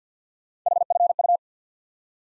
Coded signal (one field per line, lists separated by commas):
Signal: Morse code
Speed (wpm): 50 wpm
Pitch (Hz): 700 Hz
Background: none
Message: HFU